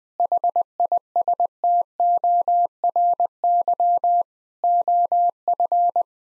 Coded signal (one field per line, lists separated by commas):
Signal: Morse code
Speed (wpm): 20 wpm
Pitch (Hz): 700 Hz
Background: none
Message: HISTORY OF